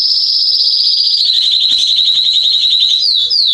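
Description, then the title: Canary song, a steady high rolling trill of rapid pulses that slowly drops in pitch, followed by two quick downward-swept notes. Male singing a lot, used to warm up and train young canaries. "Canary Training Esquente Seu Filhote E Canario Belga Macho Cantando Muito. CANTO DO CANRIO"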